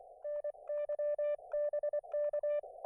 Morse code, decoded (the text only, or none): NY BK